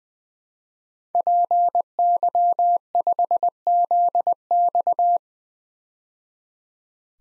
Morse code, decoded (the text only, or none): PY5ZX